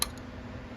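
Embroidery thread is pulled through and pressed into the spring thread-guide latch of a Brother PR680W 6-needle embroidery machine. A short, sharp tick is heard at 0.0 s as the thread snaps into the latch, followed by a faint steady background hum. The thread is seated in the latch.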